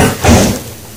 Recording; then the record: coughing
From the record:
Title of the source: Mid-morning Winter Coughing Fit